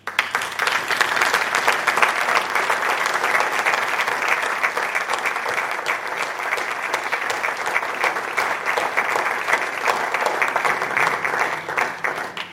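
Sustained applause from an audience, a dense, even wash of many hands clapping at steady loudness for about twelve seconds, with no voices standing out.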